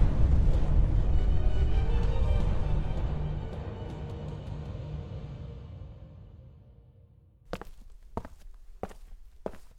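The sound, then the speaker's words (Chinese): A heavy, deep rumbling blast as a tall tower shakes violently and then explodes, rolling on for several seconds and slowly dying away, then a handful of sharp, separate thuds follow in the quiet. “突然高塔剧烈的晃动，随后爆炸了。”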